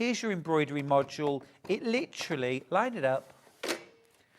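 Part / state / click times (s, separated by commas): embroidery module onto sewing machine free arm / seated / 3.6 s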